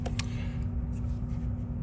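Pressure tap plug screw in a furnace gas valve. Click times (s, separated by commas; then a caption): 0.1 s, 0.2 s. A driver slips on the pressure tap plug screw of a furnace gas valve while trying to back it out of the pressure port to attach a manometer, making two sharp metallic hits at 0.1 s and 0.2 s over a steady low hum. The screw strips and cannot be removed.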